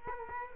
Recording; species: mosquito wingbeat signal from an infrared sensor; Culex quinquefasciatus